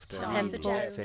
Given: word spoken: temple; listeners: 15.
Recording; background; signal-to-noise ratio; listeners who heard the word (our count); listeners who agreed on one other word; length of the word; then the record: one English word in noise, from a listening test; four-talker babble; 0.7 dB; 2 of 15; 12 of 15; 0.65 s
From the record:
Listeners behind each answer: 12, 2, 1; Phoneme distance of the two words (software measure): 24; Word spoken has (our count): 2 syllables, 6 phonemes, stress on syllable 1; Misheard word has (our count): 3 syllables, 8 phonemes, stress on syllable 1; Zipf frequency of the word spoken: 4.03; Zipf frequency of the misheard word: 4.48